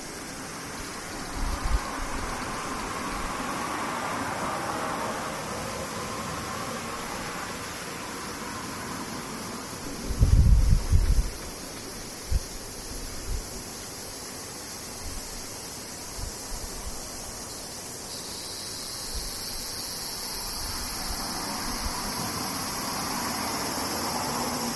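Cicadas keep up a steady, thin, high-pitched drone throughout. Around the eighteen-second mark a second, denser buzzing joins and holds to the end. Near ten seconds a short burst of low rumbling and thumps passes, with faint traffic-like hum underneath.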